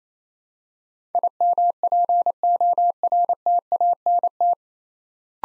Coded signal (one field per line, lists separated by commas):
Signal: Morse code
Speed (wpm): 28 wpm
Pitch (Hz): 700 Hz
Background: none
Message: IMPORTANT